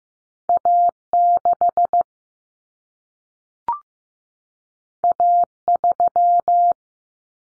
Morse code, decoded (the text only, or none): A6 A3